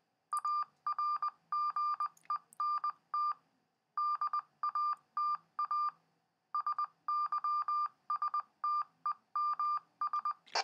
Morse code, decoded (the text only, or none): ARGENT DATA SYSTEMS